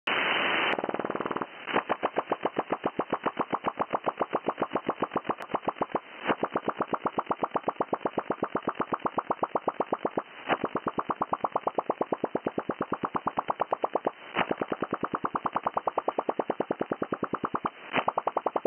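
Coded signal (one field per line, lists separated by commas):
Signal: radar signal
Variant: FMCW chirp sounder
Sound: hiss, then a fast steady train of rasping clicks or chirps, like a buzzing motor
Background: radio static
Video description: These are probably propagation sounders or backscatter radar systems. The mode for all of these is FMCW (Frequency Modulated Continuous Wave ), in which a full-duty carrier is swept across a well-defined frequency range.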